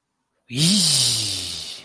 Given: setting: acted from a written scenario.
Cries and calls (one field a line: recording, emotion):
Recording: vocal sound without words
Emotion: disgust